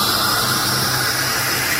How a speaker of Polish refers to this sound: Ale gorącą wodę nalewa do miedzianego garnuszka z nowoczesnego ekspresu.